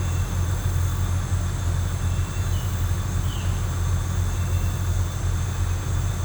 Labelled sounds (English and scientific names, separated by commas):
none